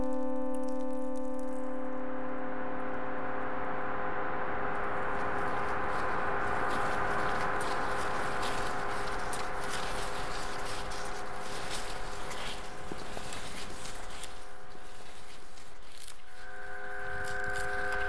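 A generative ambient piece of sustained synthesized microtonal chords, with steady tones layered across the low and middle range. A grainy, crackling texture like rubbed paper or crunching snow swells in after a few seconds and persists, and a brighter tone enters near the end.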